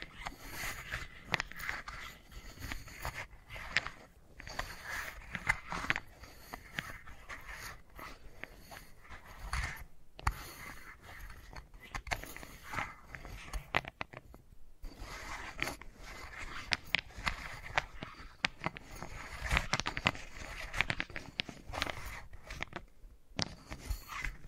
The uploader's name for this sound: Wooden Ball Triggers